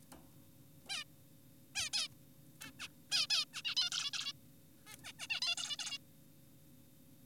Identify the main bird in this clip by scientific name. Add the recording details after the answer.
Taeniopygia guttata. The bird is an adult. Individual g4p5U